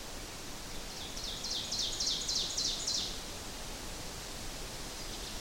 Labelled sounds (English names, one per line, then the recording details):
Ovenbird song
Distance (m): 45 m
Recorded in boreal forest in Alberta, Canada, on 4 June 2016 at 07:04
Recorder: SongMeter 3, array SBT-3-51
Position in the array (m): 268 m, 118 m
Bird 28